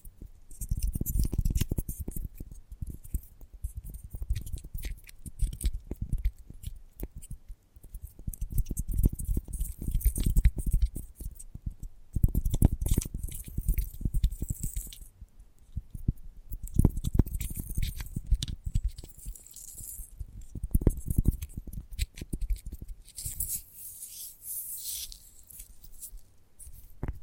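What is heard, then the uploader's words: Soft tapping comes in dense, uneven bursts, with thuddy low taps mixed with crisp, papery clicks. The pattern swells and thins every few seconds, with brief pauses near 8 and 15 seconds. There is no voice or other background sound. ASMR Gentle Tapping Tickles Your Brain (No Talking).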